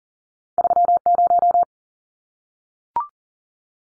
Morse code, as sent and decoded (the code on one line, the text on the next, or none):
...-- -----
30